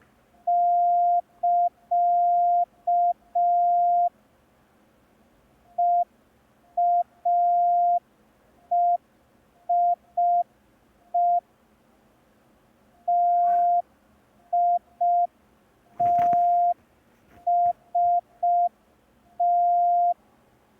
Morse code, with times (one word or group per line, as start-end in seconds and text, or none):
0.5-4.1 <KA>
5.8-11.4 EAEIE
13.1-20.1 TITST